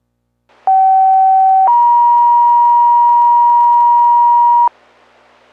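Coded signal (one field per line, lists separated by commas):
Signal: two-tone page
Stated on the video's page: Fire department pager test on VHF low band 33.94 MHz, held every Saturday at noon, recorded in Carroll County, Ohio.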